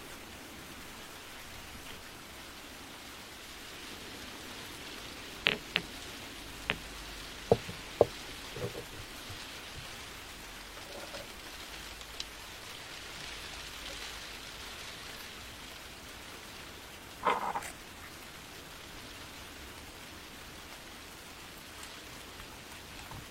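Steady soft rain hisses throughout, with a few sharp taps and knocks between five and nine seconds and a louder clatter near seventeen.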